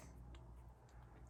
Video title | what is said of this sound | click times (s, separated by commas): How to disassemble and maintain the WE Knives Thug Pocketknife | Come on. There we go. Hear that snap? That's it doing that. There we go. | 0.3 s